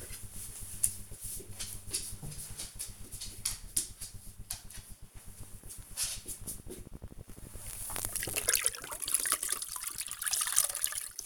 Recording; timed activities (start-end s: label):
household activities, microphone on the right wrist
5.40-11.26 s: floor cleaning